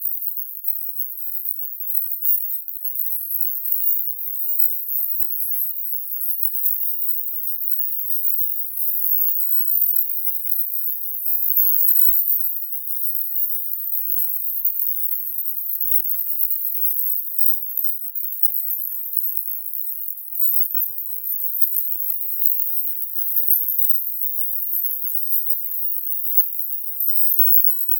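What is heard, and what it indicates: A steady, very faint, extremely high-pitched hiss centered near 16 kHz runs unchanged for the whole 28 seconds, with no low tones at all. It is a synthetic tinnitus masker, a high-frequency distractor sound meant to cover or draw attention away from ringing in the ears.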